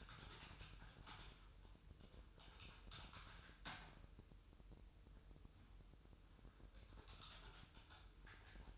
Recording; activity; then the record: daily activity, microphone in the room; typing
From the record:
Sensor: 2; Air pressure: 988.6 hPa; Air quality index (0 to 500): 202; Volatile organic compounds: 265 ppm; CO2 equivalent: 4400 ppm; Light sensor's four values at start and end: 21/74/28/28 and 21/74/28/28